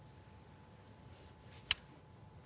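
A Wicked Ridge Invader M1 crossbow is cocked with its Acu-Draw crank sled system, drawing the string back until it latches into the trigger. Against a quiet background with a faint low hum, a single sharp, bright click sounds at 1.7 s as the knob clicks and the indicator button pops out. The string is seated fully back in the trigger latch.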